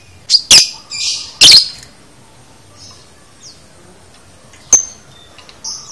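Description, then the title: Lovebird calls: a quick burst of two or three piercing squeaks, then a pause, one short chirp and faint high twitters. Lovebird chattering (konslet), used as masteran to train lovebirds. "Masteran Lovebird Konslet ! Ampuh !!"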